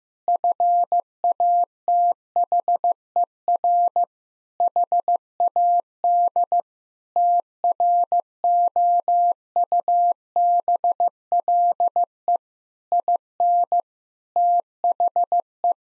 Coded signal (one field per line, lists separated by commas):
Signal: Morse code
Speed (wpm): 15 wpm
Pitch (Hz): 700 Hz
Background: none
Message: FATHER HAD TROUBLE IN THE